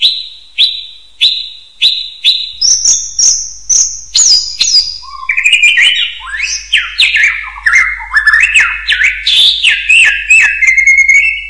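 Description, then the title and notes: Bird song opening with sharp single notes repeated roughly every half second, then breaking into a rapid, varied warble of slurred whistles and chirps. "Bird Sound. Kicau Burung Lengkap"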